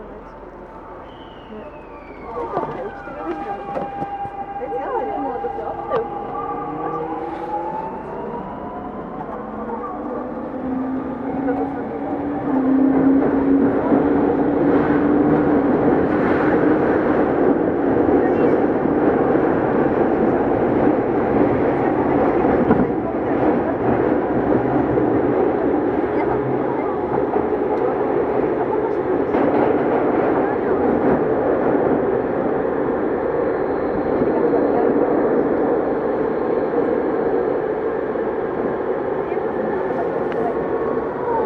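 A Tokyu 2000 series train runs between Shibuya and Azamino. Over the first twelve seconds, motor whine tones climb in pitch as the train accelerates, then a steady, dense rumble of running noise takes over. Faint voices sit beneath the ride throughout.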